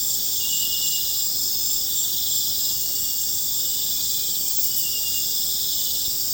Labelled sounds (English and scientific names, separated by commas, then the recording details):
none
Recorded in pastures near Puerto Asís, Putumayo, Colombia, on 26 December 2024 at 21:30
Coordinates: 0.466, -76.322
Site G040